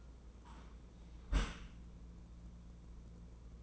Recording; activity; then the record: daily activity, microphone in the room; close dishwasher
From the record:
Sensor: 1